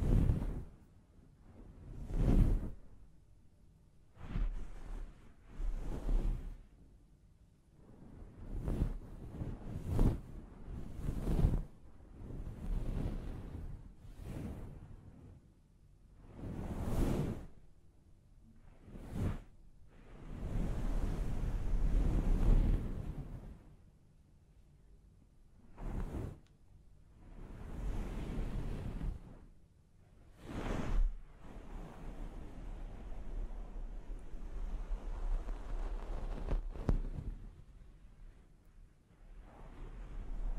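Muffled scalp massage during a hair wash, with repeated soft rubbing swishes and wet scrubbing bursts in an uneven rhythm, deep and breathy.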